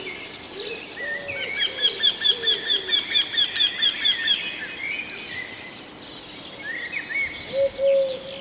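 Eurasian wryneck calling: a steady series of over a dozen nasal, ringing notes lasting about three seconds, with other birds calling around it.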